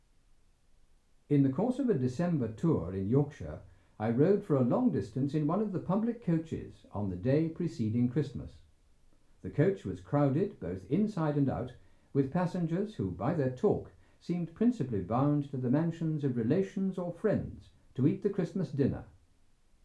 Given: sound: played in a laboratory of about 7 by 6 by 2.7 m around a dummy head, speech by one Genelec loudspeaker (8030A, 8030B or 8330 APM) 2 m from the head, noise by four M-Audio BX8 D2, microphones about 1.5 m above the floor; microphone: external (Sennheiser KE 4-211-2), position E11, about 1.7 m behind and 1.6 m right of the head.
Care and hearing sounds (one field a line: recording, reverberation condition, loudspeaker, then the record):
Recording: male speech in English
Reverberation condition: low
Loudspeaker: 120 degrees to the right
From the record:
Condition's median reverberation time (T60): about 310 ms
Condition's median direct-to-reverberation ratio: about 3.5 dB